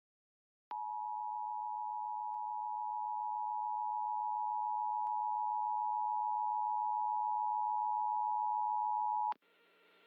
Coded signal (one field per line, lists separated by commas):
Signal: Emergency Alert System (SAME) tones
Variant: 853 and 960 Hz attention tone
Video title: EAS #49: Ohio December 2022 Required Monthly Test on WTRF